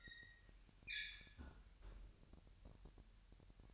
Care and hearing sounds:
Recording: daily activity, microphone in the room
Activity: close fridge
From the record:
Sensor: 2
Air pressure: 1001.8 hPa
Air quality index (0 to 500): 248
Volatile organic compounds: 37 ppm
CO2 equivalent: 3104 ppm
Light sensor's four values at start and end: 8/28/11/10 and 8/28/11/10

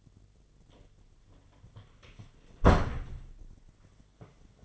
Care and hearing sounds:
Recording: daily activity, microphone in the room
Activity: close door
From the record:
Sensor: 4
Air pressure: 1008.0 hPa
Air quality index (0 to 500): 178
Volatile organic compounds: 5 ppm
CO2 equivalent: 1788 ppm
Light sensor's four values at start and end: 23/72/27/26 and 24/76/29/28

